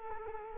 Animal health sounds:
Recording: mosquito wingbeat signal from an infrared sensor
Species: Culex quinquefasciatus

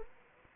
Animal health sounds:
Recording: mosquito wingbeat signal from an infrared sensor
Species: Anopheles arabiensis

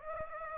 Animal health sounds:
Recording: mosquito wingbeat signal from an infrared sensor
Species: Aedes aegypti

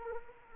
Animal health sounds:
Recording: mosquito wingbeat signal from an infrared sensor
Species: Anopheles arabiensis

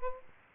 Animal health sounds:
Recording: mosquito wingbeat signal from an infrared sensor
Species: Aedes aegypti

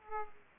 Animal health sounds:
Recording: mosquito wingbeat signal from an infrared sensor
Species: Aedes aegypti

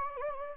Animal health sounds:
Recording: mosquito wingbeat signal from an infrared sensor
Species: Anopheles gambiae

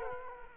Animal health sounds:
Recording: mosquito wingbeat signal from an infrared sensor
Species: Culex quinquefasciatus

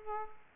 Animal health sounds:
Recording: mosquito wingbeat signal from an infrared sensor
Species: Aedes aegypti

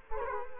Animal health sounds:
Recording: mosquito wingbeat signal from an infrared sensor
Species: Culex quinquefasciatus

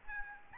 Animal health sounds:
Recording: mosquito wingbeat signal from an infrared sensor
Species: Aedes albopictus

